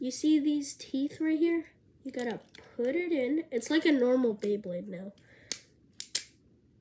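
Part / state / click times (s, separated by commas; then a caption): plastic driver into spinning top chassis / seated / 5.5 s, 6.0 s, 6.2 s. Someone talks while a plastic Metal Fusion driver is pushed and twisted into the chassis of a Super King Beyblade spinning top. Three sharp clicks follow at 5.5, 6.0 and 6.2 seconds as the driver locks in, and the top is together.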